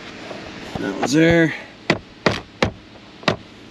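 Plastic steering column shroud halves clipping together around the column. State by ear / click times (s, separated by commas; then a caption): seated / 1.9 s, 2.3 s, 2.6 s, 3.3 s. On a Toyota Prius, the two plastic clamshell halves of the steering column shroud are pushed and tapped together around the column while someone briefly talks. Sharp snaps are heard at 1.9, 2.3, 2.6 and 3.3 seconds as the tab clips seat, and the halves are snapped firmly into place.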